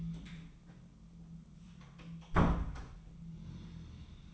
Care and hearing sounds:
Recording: daily activity, microphone in the room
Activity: close door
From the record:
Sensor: 1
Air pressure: 1005.0 hPa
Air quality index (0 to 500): 85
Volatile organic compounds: 2 ppm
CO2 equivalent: 1152 ppm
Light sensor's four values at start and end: 10/24/9/10 and 10/24/9/10

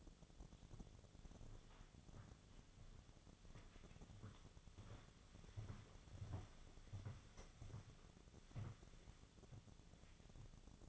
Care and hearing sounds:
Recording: daily activity, microphone in the room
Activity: walk to room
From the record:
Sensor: 4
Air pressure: 1000.8 hPa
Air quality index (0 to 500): 120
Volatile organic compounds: 1 ppm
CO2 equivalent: 906 ppm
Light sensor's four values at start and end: 62/153/65/70 and 60/148/63/68

